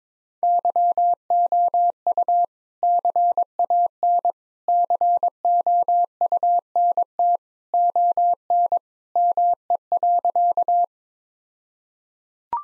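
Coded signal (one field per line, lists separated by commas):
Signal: Morse code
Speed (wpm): 22 wpm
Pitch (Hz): 700 Hz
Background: none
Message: YOU CAN COUNT ON ME.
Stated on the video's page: Morse practice set at 22 wpm with contextual priming, jokes as context.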